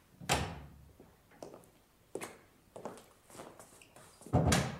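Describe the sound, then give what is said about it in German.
A series of dull thuds against the door of a judges' consultation room in a court building in Augsburg, 1934, on a January morning, irregularly spaced, with heavier blows at the start and end and lighter taps in between. No one speaks. “Der Amtsrichter zieht sich eben den Talar an. Es klopft.”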